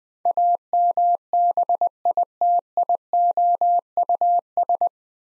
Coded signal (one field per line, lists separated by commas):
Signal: Morse code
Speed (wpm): 20 wpm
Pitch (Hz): 700 Hz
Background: none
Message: AMBITIOUS